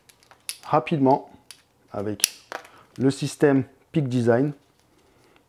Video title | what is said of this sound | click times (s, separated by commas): Les 15 accessoires photo indispensables ! | elle permet de se clipser rapidement | 0.5 s